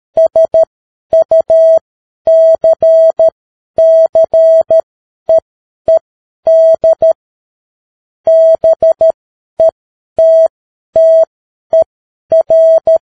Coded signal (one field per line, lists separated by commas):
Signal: Morse code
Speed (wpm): 13 wpm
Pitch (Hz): 650 Hz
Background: none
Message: SUCCEED BETTER